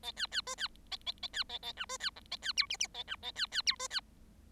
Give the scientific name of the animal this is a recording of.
Lonchura striata domestica